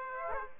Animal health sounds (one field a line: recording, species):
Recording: mosquito wingbeat signal from an infrared sensor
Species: Aedes aegypti